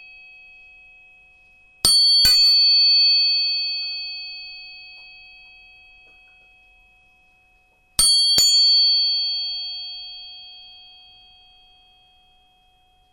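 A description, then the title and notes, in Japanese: Tuning forks are struck in quick double taps near two and eight seconds, each leaving clear, bright tones that ring and slowly fade in silence. 音叉チューニング3本。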